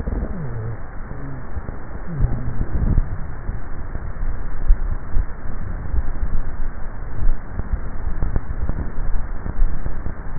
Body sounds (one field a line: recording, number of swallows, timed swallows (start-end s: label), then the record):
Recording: swallowing sounds by neck microphone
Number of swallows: 3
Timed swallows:
4.52-5.28 s: swallow
6.55-7.33 s: swallow
9.08-9.68 s: swallow
From the record:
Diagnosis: dysphagia